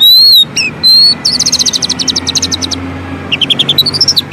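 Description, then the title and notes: Oriental magpie-robin song: clear whistles, then a fast even string of sharp chips and a rising run of notes over background hum. Long-duration 'isian' (training) song meant to make magpie-robins sing vigorously ('gacor') day and night. "Kacer Jadi Gacor Siang Malam. Isian Kacer Durasi Panjang"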